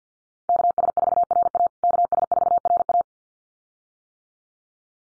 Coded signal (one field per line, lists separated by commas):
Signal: Morse code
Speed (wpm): 50 wpm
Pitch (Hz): 700 Hz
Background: none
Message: KS4RA KS4RA